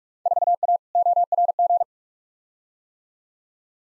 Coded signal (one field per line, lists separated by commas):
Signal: Morse code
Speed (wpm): 44 wpm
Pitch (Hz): 700 Hz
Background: none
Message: 4A ORG